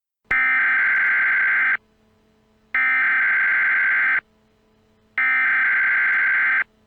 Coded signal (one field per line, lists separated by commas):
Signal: Emergency Alert System (SAME) tones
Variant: header bursts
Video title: Eas Scenario: Virginia Tornado Outbreak